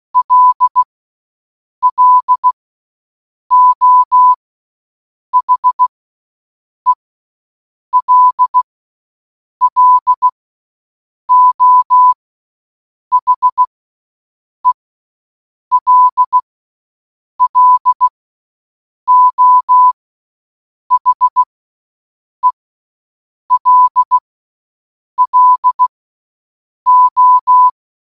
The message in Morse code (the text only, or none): LLO HELLO HELLO HELLO